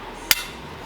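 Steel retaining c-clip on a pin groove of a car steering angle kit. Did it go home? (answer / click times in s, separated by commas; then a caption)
yes / 0.3 s. A steel retaining c-clip for a Part Shop Max PBM full angle steering kit on a 350Z is pushed by thumb around the edge of its pin, with no tools, until it snaps into the pin's groove. A single sharp, bright click lands at 0.3 s over a quiet background. The c-clip is seated in the groove.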